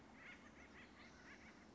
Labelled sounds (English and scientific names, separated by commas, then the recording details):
Acorn Woodpecker (Melanerpes formicivorus)
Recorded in Sonoma County, California